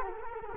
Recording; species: mosquito wingbeat signal from an infrared sensor; Culex quinquefasciatus